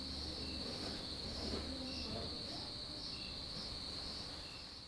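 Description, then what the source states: Cicadas buzzing in a steady high-pitched drone with slight regular pulsing, over a low rumbling hum and faint background sounds. Nighttime in the Ethiopian countryside, village life; recorded from a porch.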